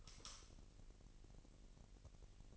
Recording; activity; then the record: daily activity, microphone in the room; light off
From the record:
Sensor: 4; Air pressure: 1002.7 hPa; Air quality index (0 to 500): 249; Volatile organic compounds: 16 ppm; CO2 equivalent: 2558 ppm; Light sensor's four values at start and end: 7/16/6/7 and 6/14/5/6